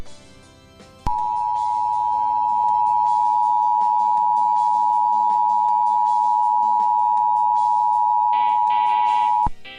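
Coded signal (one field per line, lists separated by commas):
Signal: Emergency Alert System (SAME) tones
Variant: 853 and 960 Hz attention tone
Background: music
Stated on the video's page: Fake tornado warning alert for a fictional Illinois town, part of a simulated network broadcast.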